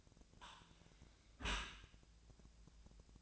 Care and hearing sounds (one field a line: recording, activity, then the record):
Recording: daily activity, microphone in the room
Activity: close dishwasher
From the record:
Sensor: 2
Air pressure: 1000.4 hPa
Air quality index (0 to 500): 167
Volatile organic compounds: 3 ppm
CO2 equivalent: 1385 ppm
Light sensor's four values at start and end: 12/33/13/15 and 12/33/13/15